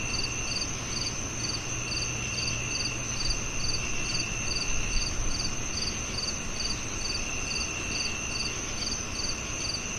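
Crickets sing at a distance in a dense, steady chorus. One high pulsing chirp repeats at a quick, even rate, over a constant thin trill and a lower whine. A faint low rumble sits underneath, and the level stays even throughout.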